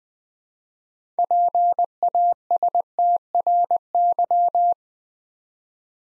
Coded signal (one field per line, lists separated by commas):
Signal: Morse code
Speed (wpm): 20 wpm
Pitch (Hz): 700 Hz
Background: none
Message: PASTRY